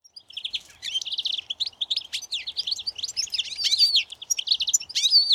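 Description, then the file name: European Goldfinch in fast, jangling twitter of high chirps, slurred whistles and buzzy notes, building in loudness toward the close. "Carduelis carduelis"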